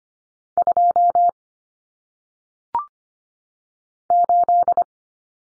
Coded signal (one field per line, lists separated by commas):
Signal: Morse code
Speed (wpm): 25 wpm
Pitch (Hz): 700 Hz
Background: none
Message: 2 8